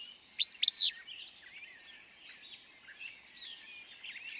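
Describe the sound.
Willow flycatcher giving a single clipped, buzzy phrase at the start, followed by soft chattering of other birds.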